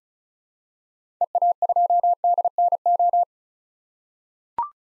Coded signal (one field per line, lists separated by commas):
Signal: Morse code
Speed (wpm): 36 wpm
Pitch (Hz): 700 Hz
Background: none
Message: EA2DNO